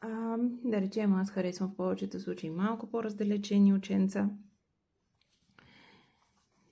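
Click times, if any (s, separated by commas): none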